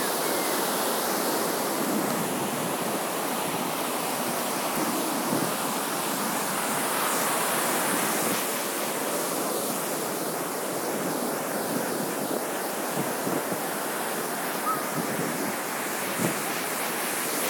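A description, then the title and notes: Waves wash steadily onto a beach in a dense, continuous roar with no clear breaks between them. The hiss stays full and even throughout, with faint low thumps around five, eight, and sixteen seconds as water churns and surges. Waves at Hither Hills Beach.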